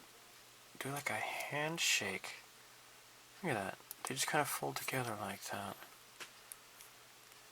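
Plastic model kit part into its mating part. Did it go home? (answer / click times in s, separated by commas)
yes / 6.5 s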